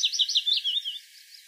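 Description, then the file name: European robin song phrase: about one second of rapid, high, wavering tinkling notes that slide downward, then quiet. "Erithacus rubecula"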